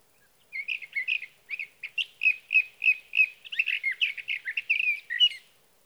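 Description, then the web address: Sage thrasher song: a fast, run-on string of short chattering and warbled notes, about three per second, steady and unbroken for five seconds. "birdsongforthecurious Sage Thrasher"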